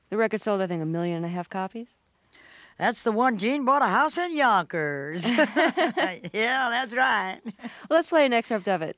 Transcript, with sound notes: The record sold, I think, a million and half copies.
That's the one. Gene bought a house in Yonkers.
(LAUGHTER)
Yeah. That's right.
Well, let's play an excerpt of it.